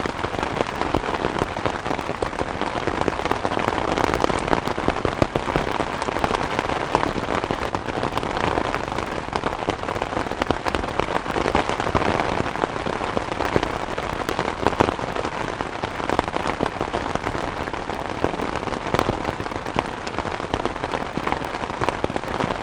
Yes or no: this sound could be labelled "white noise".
no